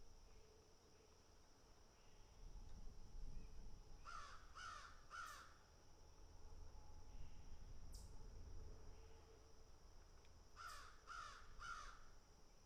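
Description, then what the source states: Crow with two groups of three rasping caws, a single sharp click between them, over low rumbling noise. Several crows picking and eating.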